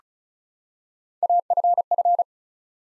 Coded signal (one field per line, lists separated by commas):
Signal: Morse code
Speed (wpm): 36 wpm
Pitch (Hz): 700 Hz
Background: none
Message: AFF